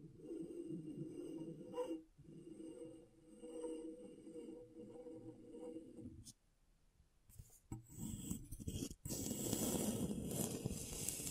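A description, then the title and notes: A tool scrapes across a scratchboard in a steady, low, grainy rasp for about six seconds, with a brief catch near two seconds. After a short near-silence, the scratching resumes harsher and brighter from about eight seconds, broken by one quick pause around nine. ASMR Brain Tingling Scratchboard (No Talking).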